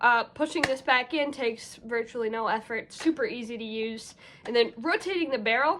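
Someone talks while handling a Nerf Flex Curveshot foam-dart blaster, pushing a part back in and then starting to rotate its plastic barrel toward the point where it indexes into the blaster body. No click is heard; the barrel has not yet clicked into place by the end of the clip.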